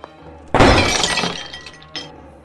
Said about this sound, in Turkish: Eyvahlar olsun. Kırıldı uğurlu fincanım. Aha. Neyse canım, dert etme, yapıştırırız.